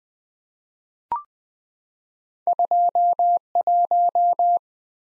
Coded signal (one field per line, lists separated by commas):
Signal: Morse code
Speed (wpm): 20 wpm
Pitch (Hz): 700 Hz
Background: none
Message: 21